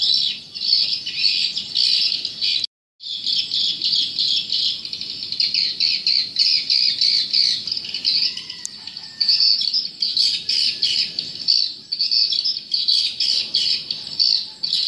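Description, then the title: Swiftlets chirping in a dense, continuous chorus of high, rapid twittering calls, pulsing in bursts with a brief gap of silence early on. "Suara Burung Wallet"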